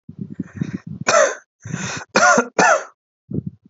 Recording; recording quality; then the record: heavy voluntary cough; moderate, slight background noise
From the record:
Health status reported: respiratory illness, not identified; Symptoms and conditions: asthma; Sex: male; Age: 30 years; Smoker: yes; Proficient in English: yes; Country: India